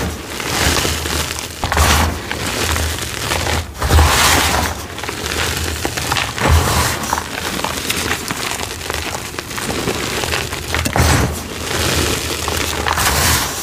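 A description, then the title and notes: Cornstarch and dyed gym chalk are crunched and crumbled, with a steady run of crisp, gritty crackles for the whole fourteen seconds. Brighter bursts of dense crunching swell around the second, fourth, seventh and eleventh seconds, and a faint low thump sits underneath. YELLOW Citric Acid Dyed Chalk Series. Crispy, crunchy, flaky, gritty cornstarch crunchies and dyed gym chalk crumbling ASMR.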